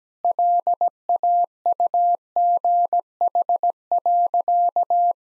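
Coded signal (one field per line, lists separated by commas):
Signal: Morse code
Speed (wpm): 17 wpm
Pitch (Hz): 700 Hz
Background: none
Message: LAUGH.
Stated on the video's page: Morse head-copy practice drill at 17 wpm of sentences from the top 1000 words, each sent, then spoken, then sent again.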